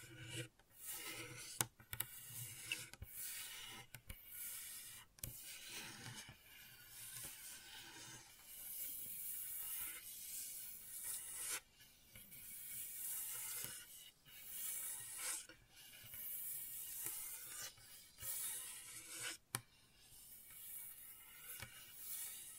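Gentle scratching with a soft, raspy, hissing texture that comes in uneven strokes throughout, bright and airy rather than deep. Short, sharper scrapes or taps punctuate it every few seconds, notably around 1.5, 5, 12 and 19.5 seconds.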